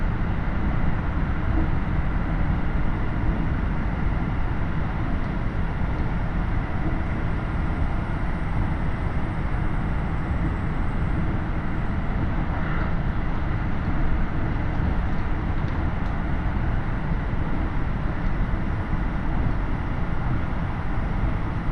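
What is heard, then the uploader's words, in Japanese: A diesel railcar ride recorded from inside the train, with a steady, dense low rumble of engine and wheels that holds at an even level throughout. A faint hiss sits above it, and a brief, slightly brighter clatter stands out around the thirteen-second mark. 高山本線 岐阜→美濃太田（キハ75）。車両はキハ75系で快速みえ号にも使われています。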